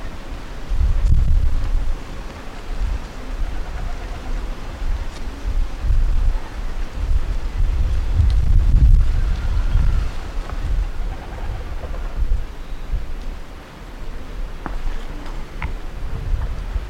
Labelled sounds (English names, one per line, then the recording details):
Cape Verde Warbler call
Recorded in the wild
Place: S. Jorge dos Orgaos, Kapverdische Inseln, CV
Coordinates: 15.06, -23.62
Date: 1995-01-21 12:10
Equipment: Sony WM-D6C, Sennheiser ME 66, Kopie Revox C 270
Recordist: Fischer, Stefan